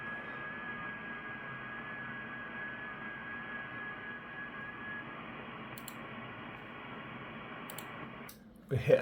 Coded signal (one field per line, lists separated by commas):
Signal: FT8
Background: speech